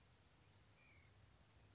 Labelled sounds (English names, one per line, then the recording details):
White-breasted Nuthatch
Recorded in Sonoma County, California